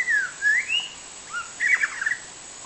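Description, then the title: White-rumped shama song: smooth whistled glides dipping and rising, a short pause, then a rapid cluster of bright chirped notes. Wild bird in forest. "Kicau burung murai batu hutan"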